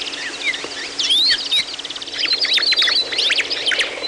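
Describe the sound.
Busy bird chorus with sharp upslurred whistles and clusters of fast chirps, the singing growing denser in the second half.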